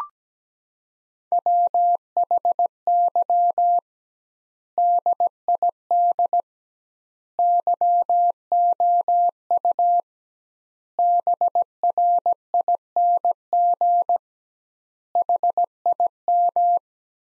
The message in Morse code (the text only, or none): WHY DID YOU BRING HIM